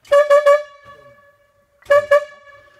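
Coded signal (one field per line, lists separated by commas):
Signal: whistle signal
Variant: cable logging yarder whistle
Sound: three short blasts of a loud reedy whistle, a pause, then two more blasts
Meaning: Three short blasts signal 'hypo' to the yarder operator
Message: 3 short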